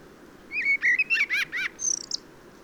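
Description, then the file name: Common blackbird song phrase: a few mellow whistled notes sliding up and down, then a thin high scratchy twitter at the end. "Turdus merula"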